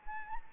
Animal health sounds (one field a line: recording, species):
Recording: mosquito wingbeat signal from an infrared sensor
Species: Anopheles arabiensis